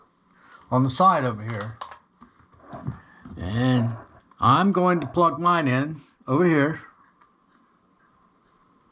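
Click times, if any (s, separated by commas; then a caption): none. An iHome wireless optical mouse's USB receiver is lined up at a side USB port on a laptop, ready to be pushed in. Someone talks throughout, with a few faint handling ticks between phrases. Nothing has seated or clicked yet.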